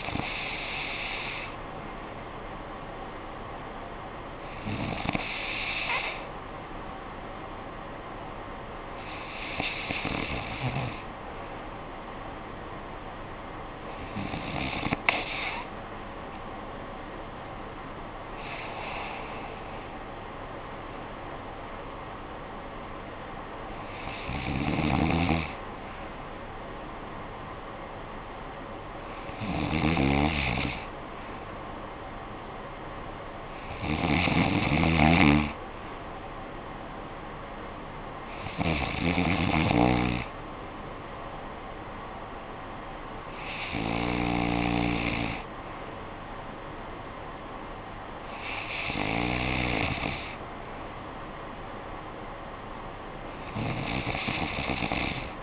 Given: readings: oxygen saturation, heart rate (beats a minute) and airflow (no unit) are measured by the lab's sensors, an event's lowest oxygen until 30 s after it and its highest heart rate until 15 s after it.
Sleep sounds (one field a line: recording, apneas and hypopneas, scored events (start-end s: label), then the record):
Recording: breathing in sleep by a voice recorder at the bedside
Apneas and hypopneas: none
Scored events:
none scored
From the record:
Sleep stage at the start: N3 (deep sleep)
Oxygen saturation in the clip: 94%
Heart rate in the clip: 54 to 66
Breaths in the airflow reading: 12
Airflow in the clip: -9.4 to 7.9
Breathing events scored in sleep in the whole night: 445 in 7.6 hours asleep